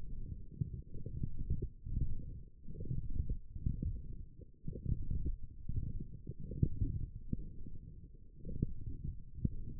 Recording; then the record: forearm muscle sounds (acoustic myography)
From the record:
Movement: forearm pronation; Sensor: system 1, eight BSWA MPA416 microphones around the upper forearm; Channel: 4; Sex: male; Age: 23 years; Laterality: right